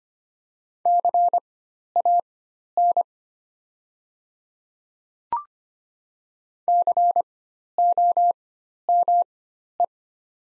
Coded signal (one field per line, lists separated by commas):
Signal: Morse code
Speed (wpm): 25 wpm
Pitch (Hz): 700 Hz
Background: none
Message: CAN COME